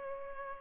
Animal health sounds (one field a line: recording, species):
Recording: mosquito wingbeat signal from an infrared sensor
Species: Culex pipiens